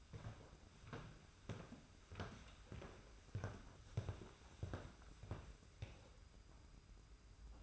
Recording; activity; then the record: daily activity, microphone in the room; walk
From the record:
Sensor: 2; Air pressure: 991.5 hPa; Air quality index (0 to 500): 186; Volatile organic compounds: 1000 ppm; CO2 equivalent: 6058 ppm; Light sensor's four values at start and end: 31/93/36/35 and 26/83/32/31